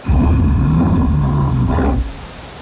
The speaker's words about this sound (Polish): A to odgłos niedźwiedzi.